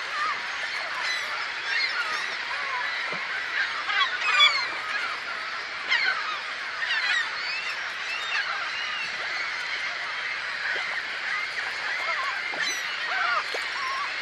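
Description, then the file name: Birds: a dense, continuous chorus of many overlapping calls. "ptici"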